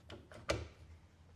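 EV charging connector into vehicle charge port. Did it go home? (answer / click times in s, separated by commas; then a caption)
yes / 0.5 s. After the car's charge port is opened, the plug of a Level 1/2 EV charger is pushed into the port, with two softer knocks at about 0.1 s and 0.3 s. It ends in a sharp, loud hit at 0.5 s as the plug seats fully in the charge port. Clicking from the car is likely its relays rather than the plug latch.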